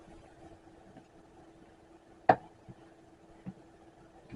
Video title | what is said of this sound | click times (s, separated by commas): Dr. Bunny and the Rabbit Chronicles - Episode 4 - Building Block Animals - | get you snapped into place | 2.3 s